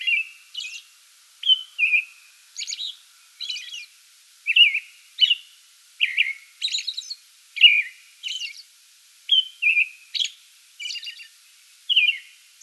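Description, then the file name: American robin caroling continuously, slurred mid-pitched phrases mixed with high thin squeaks. Pre-dawn song bout, recorded 8 May 2022. "2022-05-08 American Robin pre-dawn song bout"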